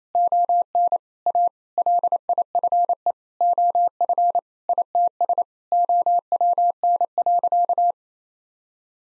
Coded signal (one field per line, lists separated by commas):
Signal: Morse code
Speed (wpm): 28 wpm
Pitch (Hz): 700 Hz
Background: none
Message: ON A LIFE OF ITS OWN.